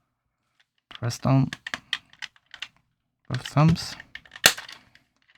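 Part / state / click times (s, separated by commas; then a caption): small grooved pin in a 3D-printed watch mechanism / seated / 4.5 s. Someone talks while a small grooved pin in a 3D-printed XL Moonswatch watch mechanism is pressed down with both thumbs. A sharp, loud snap at 4.5 s marks the plastic part snapping into place, and it is seated.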